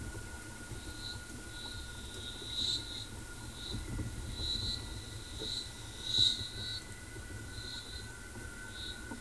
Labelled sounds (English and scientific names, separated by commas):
none